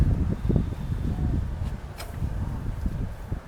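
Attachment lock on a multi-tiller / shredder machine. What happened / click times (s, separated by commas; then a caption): The implement latch is being handled but has not locked yet / none. A multi-tilling implement (BOWA MT-1200) is handled while being coupled to a BOWA multi-purpose shredder machine, ahead of engaging its attachment lock. Low rumbling and rustling handling noise continues throughout, with a faint brief scrape near 2.0 seconds. Nothing has seated or locked yet.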